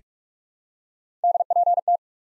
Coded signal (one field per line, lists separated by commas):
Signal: Morse code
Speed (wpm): 43 wpm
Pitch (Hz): 700 Hz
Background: none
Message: DPT